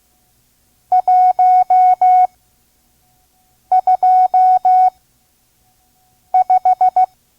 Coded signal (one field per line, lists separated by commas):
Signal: Morse code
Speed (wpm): 16 wpm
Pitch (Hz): 740 Hz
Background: none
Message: 125